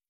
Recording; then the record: hydrophone in a shrimp aquaculture tank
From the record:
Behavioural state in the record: feeding